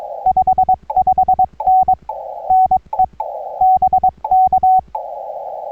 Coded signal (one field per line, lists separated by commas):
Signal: Morse code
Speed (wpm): 22 wpm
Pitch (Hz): 750 Hz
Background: none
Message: 55N NE BK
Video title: CW POTA Activation and a look around Victoria Springs State Rec Area US-3376